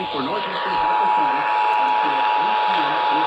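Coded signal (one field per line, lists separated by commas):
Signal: Emergency Alert System (SAME) tones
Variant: 853 and 960 Hz attention tone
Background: speech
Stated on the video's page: Forwarded tornado warning EAS on WBAP-AM and KSKY-AM.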